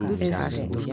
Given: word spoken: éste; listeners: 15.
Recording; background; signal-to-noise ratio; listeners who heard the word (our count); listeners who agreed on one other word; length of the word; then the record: one Spanish word in noise, from a listening test; four-talker babble; -1.2 dB; 2 of 15; 6 of 15; 0.53 s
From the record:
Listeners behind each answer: 6, 2, 2, 1, 1, 1, 1, 1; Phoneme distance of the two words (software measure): 44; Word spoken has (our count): 2 syllables, 4 phonemes, stress on syllable 1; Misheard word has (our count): 2 syllables, 4 phonemes, stress on syllable 1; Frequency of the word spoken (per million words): 225.08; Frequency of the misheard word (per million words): 7.58